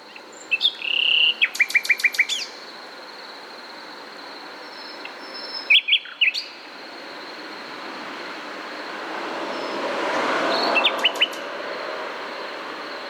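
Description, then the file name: Common nightingale phrases: a fast stuttering run of repeated notes early on, a short burst mid-way, and a few chirps later, over a steady high whine. "Luscinia megarhynchos"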